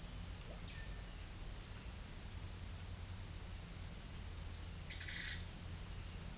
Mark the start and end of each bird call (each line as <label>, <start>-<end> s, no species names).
bird call, 4.84-5.51 s